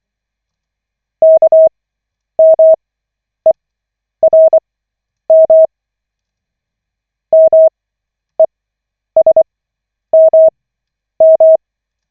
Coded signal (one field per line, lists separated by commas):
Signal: Morse code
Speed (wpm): 24 wpm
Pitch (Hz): 640 Hz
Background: none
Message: KMERM MESMM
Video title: Koch 5/40, 23.12.2024, 9th(! :O) CW practice session